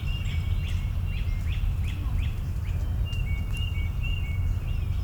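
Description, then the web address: Birds calling in a morning chorus: a series of short bright chirps, then longer drawn-out notes, with scattered higher notes over a steady deep rumble of background noise. Morning chorus in a suburban park. "boom library Urban and Suburban. Suburban park morning bird chorus"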